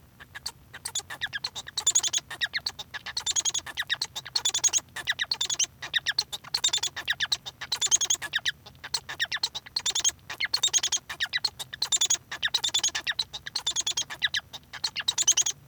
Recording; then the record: song of a male Bengalese finch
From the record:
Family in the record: son of father 1